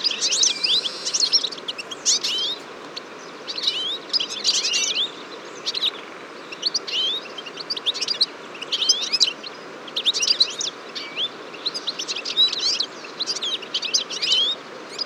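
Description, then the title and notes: Eurasian siskins chattering in bursts, clusters of high, twisting chirps returning every second or two from the busy flock. Large flock at a feeder on a February morning, 23 February 2014, Fourcinet, Drôme, France; recorded with Nagra Seven and Telinga P7. "Choeur de fringilles. 23 février 2014-Fourcinet - Drôme. à la mangeoire un grand nombre de Tarin des aulnes (Carduelis spinus)"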